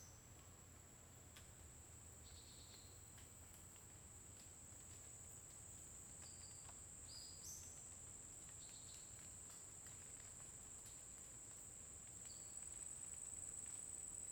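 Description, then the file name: Cricket maintaining a steady shrill trill while a bird sings short whistled notes at irregular intervals, including one rising phrase in the middle. Constant cricket sound in a forest during the day, with a bird singing at intervals. "Grilo constante na floresta dia passaro canta em intervalos"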